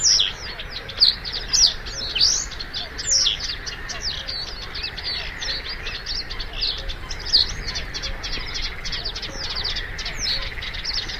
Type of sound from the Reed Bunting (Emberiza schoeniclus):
song